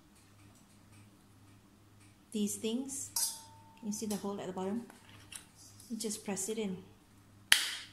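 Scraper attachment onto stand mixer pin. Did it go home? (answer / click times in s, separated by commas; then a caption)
yes / 7.5 s. A scraper attachment for a Milux MFM-3615 Thritop stand mixer is pressed onto one of the two metal pins sticking out of the mixer while someone talks. One sharp, loud snap is heard at 7.5 seconds as the scraper clicks into place and is seated.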